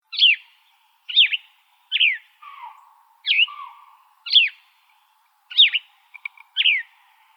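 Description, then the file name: Gray vireo giving a series of short, rapid slurred song phrases, with a lower drawn-out sound between some of them. Recorded 28 August 2005. "GRVI 7 deviche"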